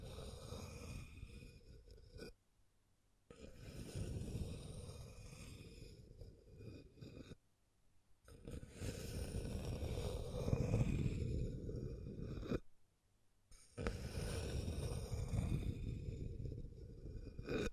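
Scratching and tracing sounds come in long, dense, rough strokes, each lasting a few seconds. The strokes have a low, grainy rasp with some brighter hiss on top. They are separated by brief silences near 2, 7.5 and 12.5 seconds.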